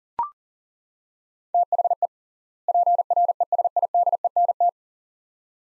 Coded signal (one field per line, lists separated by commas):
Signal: Morse code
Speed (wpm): 40 wpm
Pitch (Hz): 700 Hz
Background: none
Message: THE PRESIDENT